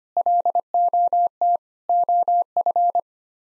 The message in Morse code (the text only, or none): LOT OF